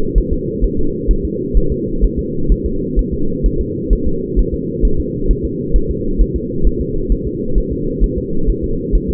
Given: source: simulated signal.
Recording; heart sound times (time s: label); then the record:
fetal heart sounds
0.18 s: S1
0.33 s: S2
0.64 s: S1
0.79 s: S2
1.11 s: S1
1.25 s: S2
1.57 s: S1
1.72 s: S2
2.04 s: S1
2.19 s: S2
2.52 s: S1
2.66 s: S2
2.99 s: S1
3.14 s: S2
3.46 s: S1
3.61 s: S2
3.93 s: S1
4.07 s: S2
4.39 s: S1
4.54 s: S2
4.85 s: S1
5.00 s: S2
5.31 s: S1
5.45 s: S2
5.76 s: S1
5.91 s: S2
6.21 s: S1
6.36 s: S2
6.67 s: S1
6.81 s: S2
7.12 s: S1
7.27 s: S2
7.58 s: S1
7.72 s: S2
8.04 s: S1
8.18 s: S2
8.49 s: S1
8.64 s: S2
8.95 s: S1
9.10 s: S2
From the record:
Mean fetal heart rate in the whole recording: 130 bpm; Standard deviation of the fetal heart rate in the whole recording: 2 bpm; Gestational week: 36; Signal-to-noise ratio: -8.1 dB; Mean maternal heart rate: 72 bpm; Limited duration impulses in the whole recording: absent